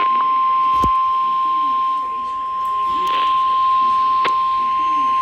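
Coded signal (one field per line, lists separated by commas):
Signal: Emergency Alert System (SAME) tones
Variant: 1050 Hz attention tone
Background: speech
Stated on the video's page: Flash flood warning from NOAA Weather Radio transmitter WXM60.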